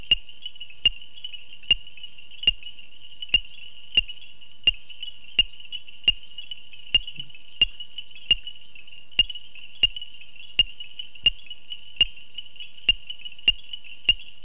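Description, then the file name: Common reed frog calling with crisp, evenly spaced clicks about every 0.8 seconds over a continuous high-pitched ringing background. "Hyperolius viridiflavus"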